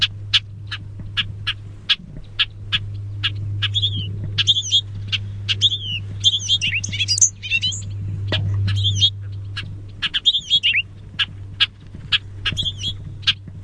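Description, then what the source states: Bobolink short clipped call notes repeated about twice a second, with bubbly jangling song phrases in the middle, over a constant low hum. Calls and song.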